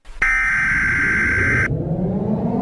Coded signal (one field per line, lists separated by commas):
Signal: Emergency Alert System (SAME) tones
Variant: header bursts